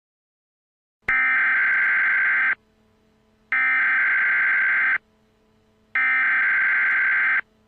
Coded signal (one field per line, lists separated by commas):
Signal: Emergency Alert System (SAME) tones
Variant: header bursts